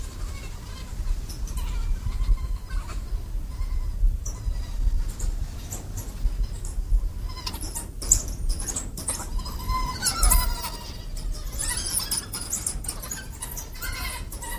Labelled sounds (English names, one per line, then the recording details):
African Wild Dog call
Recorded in captivity
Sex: group
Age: adult
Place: Zoo Berlin, Berlin, DE
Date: 2007-08-28 17:20
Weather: sunny, 18°C
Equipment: Sony WM-D6C, Sennheiser ME 80, Kopie Uher 4000 Report Monitor
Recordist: Tembrock, Günter
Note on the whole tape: Begegnungen in Gruppe